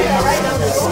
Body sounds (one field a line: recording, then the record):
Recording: background sound without coughing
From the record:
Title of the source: Nightlife Party Simulating Party Club Noise 1 Hour